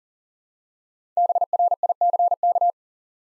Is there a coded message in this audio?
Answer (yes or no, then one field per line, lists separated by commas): yes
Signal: Morse code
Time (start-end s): 1.2-2.7 s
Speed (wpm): 38 wpm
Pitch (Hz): 700 Hz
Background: none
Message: BRICK